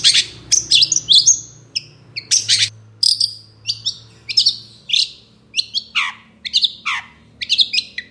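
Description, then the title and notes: Long-tailed shrike song: a rapid run of varied squeaky, scratchy and whistled notes, some falling steeply. Long-tailed shrike singing actively in the morning with varied notes ("toet toet"); a training and lure recording meant to prompt shrikes to sing. "Cendet Gacor Dor Di Kala Pagi Toet Toet Variasi Suara. Burung cendet"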